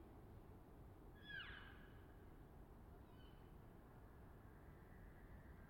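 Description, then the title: Elk call, one clear high squeal sweeping steeply downward with overtones, then a faint brief whistle, set against steady low-pitched background noise. Bull elk bugling far off, softened by hillside and forest reverberation; herd constantly on the move; Colockum Wildlife Area, last week before firearm hunting season. "Elk Bugling Bulls In The Distance"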